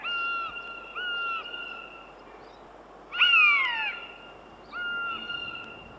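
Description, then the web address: Common buzzard mewing: several steady, drawn-out whistled notes and one louder call that drops sharply in pitch, with a quiet background. "Uzbek hayvonlar. Buteo buteo"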